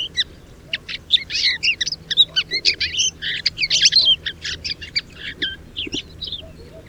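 Common linnet song: a rapid, continuous jumble of twittering chirps and short trills, with low background rumble throughout.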